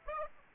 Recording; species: mosquito wingbeat signal from an infrared sensor; Aedes aegypti